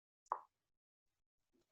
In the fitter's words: If you hear the pop sound, it means that the suction has been created.